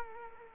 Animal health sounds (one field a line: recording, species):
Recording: mosquito wingbeat signal from an infrared sensor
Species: Culex quinquefasciatus